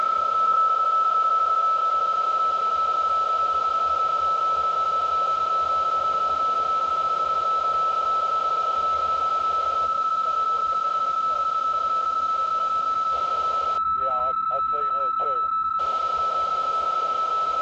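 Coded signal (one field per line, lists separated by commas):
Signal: PSK31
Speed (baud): 31.25 baud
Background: speech, radio noise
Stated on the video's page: PSK31 sent during a Summits on the Air activation.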